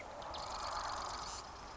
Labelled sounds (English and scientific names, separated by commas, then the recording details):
Marsh Wren (Cistothorus palustris)
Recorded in Sonoma County, California